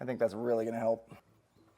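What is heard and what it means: A Timbren rubber suspension enhancement spring for the rear axle mount of a 2023 Honda Odyssey minivan is being handled after a spray of silicone lubricant. Someone talks for about a second, followed by a brief soft sound near 1.1 s and then quiet. Nothing has seated or clicked into place yet.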